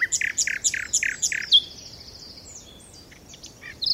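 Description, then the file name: Common nightingale song: a quick series of several loud, repeated notes, then a thin, buzzy high trill and quieter scattered notes. "Luscinia megarhynchos"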